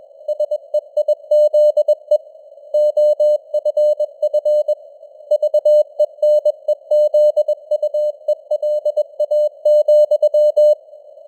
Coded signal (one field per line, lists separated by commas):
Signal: Morse code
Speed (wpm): 21 wpm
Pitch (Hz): 600 Hz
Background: none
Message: SEIZE OFF VENEZUELA,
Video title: Morse Code News | 2026-01-07 | 21wpm